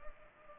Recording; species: mosquito wingbeat signal from an infrared sensor; Culex pipiens